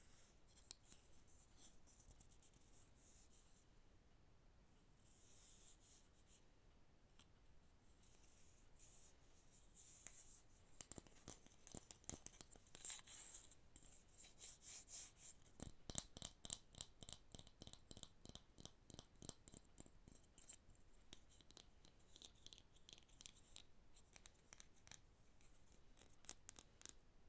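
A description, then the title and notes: Scratching and tapping on wooden objects. The first ten seconds are soft, dry scratching; a few sharp taps follow, then from about fifteen seconds a rapid, fairly regular run of crisp taps continues to the end. I have a variety of wooden objects, all with their own original sound. Tapping and scratching Wooden objects.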